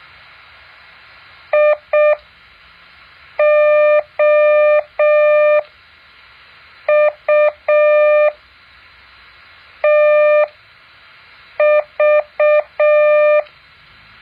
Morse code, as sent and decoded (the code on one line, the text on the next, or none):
.. --- ..- - ...-
IOUTV